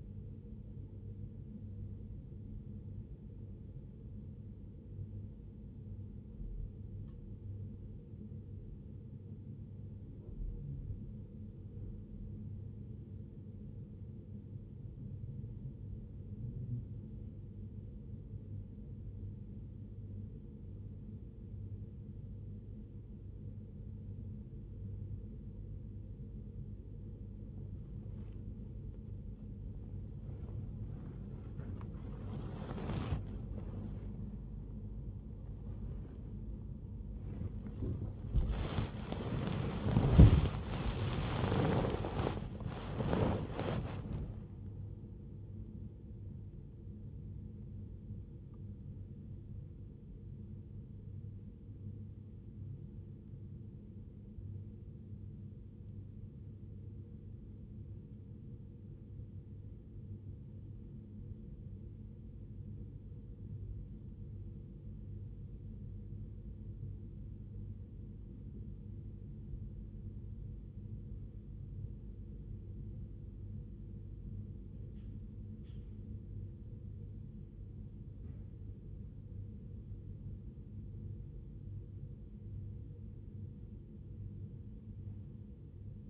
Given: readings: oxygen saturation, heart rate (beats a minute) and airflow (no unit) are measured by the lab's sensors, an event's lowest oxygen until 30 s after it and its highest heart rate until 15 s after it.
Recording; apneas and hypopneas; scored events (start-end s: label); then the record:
breathing in sleep by a smartphone at the bedside; 2
18.00-33.40 s: hypopnea (N2, oxygen 94% highest, then 93% lowest, heart rate 60 at the start, 87 highest)
35.00-65.00 s: new sleep stage, awake
36.00-69.00 s: awake
52.00-74.70 s: hypopnea (scored as awake, oxygen 96% highest, then 94% lowest, heart rate 80 at the start, 80 highest)
65.00-86.10 s: new sleep stage, N1 (lightest sleep)
From the record:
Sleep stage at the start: N2 (light sleep); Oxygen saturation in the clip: 93 to 96%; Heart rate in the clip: 59 to 87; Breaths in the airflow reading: 31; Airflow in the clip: -2.0 to 2.1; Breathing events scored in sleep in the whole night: 101 in 7.3 hours asleep